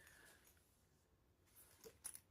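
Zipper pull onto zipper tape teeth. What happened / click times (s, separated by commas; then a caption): The zipper slider clicked onto the teeth / 2.1 s. A zipper pull is pushed onto the lined-up teeth of both sides of a nylon zipper tape. After a soft tap near 1.8 seconds, a sharp click at 2.1 seconds marks the pull seating on the teeth, followed by a smaller tick.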